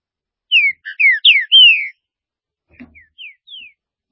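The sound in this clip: Green-winged saltator singing a loud phrase of quick slurred whistles ending in a longer falling note, followed by a few softer, thinner down-slurred notes.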